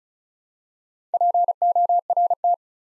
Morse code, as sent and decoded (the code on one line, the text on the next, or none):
.--. --- .-. -
PORT